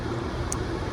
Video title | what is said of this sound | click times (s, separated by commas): Hex Ezcan\light install on a 2016 BMW R1200GS | and you can see how it you'll hear it click | 0.5 s